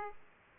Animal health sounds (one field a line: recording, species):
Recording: mosquito wingbeat signal from an infrared sensor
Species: Aedes aegypti